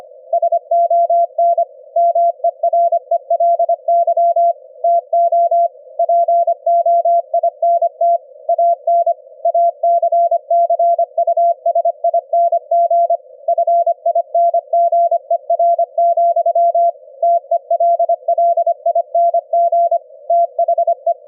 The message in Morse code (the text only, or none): SON MERELY TO POINT AN ACCUSING FINGER, TELLING THE